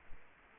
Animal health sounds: mosquito wingbeat signal from an infrared sensor; Culex quinquefasciatus

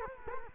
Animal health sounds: mosquito wingbeat signal from an infrared sensor; Culex quinquefasciatus

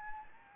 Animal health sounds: mosquito wingbeat signal from an infrared sensor; Anopheles gambiae

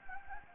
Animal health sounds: mosquito wingbeat signal from an infrared sensor; Anopheles gambiae

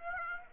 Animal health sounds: mosquito wingbeat signal from an infrared sensor; Aedes aegypti

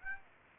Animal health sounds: mosquito wingbeat signal from an infrared sensor; Aedes aegypti

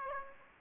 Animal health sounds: mosquito wingbeat signal from an infrared sensor; Aedes aegypti

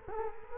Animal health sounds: mosquito wingbeat signal from an infrared sensor; Culex quinquefasciatus

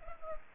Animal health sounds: mosquito wingbeat signal from an infrared sensor; Culex pipiens

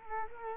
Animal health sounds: mosquito wingbeat signal from an infrared sensor; Culex quinquefasciatus

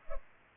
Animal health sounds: mosquito wingbeat signal from an infrared sensor; Culex pipiens

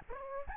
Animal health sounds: mosquito wingbeat signal from an infrared sensor; Aedes albopictus

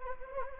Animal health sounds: mosquito wingbeat signal from an infrared sensor; Anopheles arabiensis

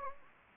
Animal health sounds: mosquito wingbeat signal from an infrared sensor; Anopheles gambiae

